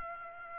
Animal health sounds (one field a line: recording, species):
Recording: mosquito wingbeat signal from an infrared sensor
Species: Aedes aegypti